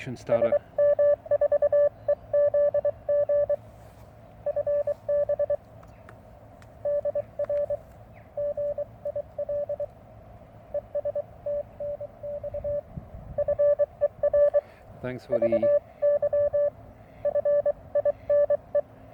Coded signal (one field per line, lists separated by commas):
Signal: Morse code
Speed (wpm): 23 wpm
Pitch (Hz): 580 Hz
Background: speech, radio noise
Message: SM4EZG FB DR GIL ES TNX FER VY FINE